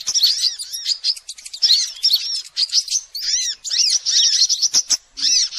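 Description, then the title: Sogok ontong song in short, busy bursts of high arched and chevron-shaped notes, with small gaps between phrases. Masteran song used for training birds. "Masteran Burung Sogok Ontong Labaik"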